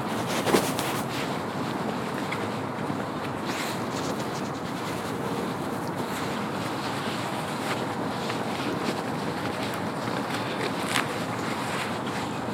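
A steady outdoor hush on a snowy shoreline trail, filled with a dense, even rush of low wind and traffic. Soft crackles and brief ticks scatter throughout, with a sharper knock near the start and another around eleven seconds.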